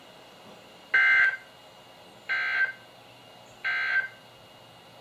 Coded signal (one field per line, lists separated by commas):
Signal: Emergency Alert System (SAME) tones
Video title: EAS #1411-#1424: LOTS of Flooding | KHB36, WXM42, & WNG736